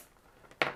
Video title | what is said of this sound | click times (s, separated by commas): CEntrance Courtcaster Zoom Kit Setup Guide // The Sound Professionals | this cable is going to go on to the end of the green plug from the headset make sure it fully snaps into place | 0.6 s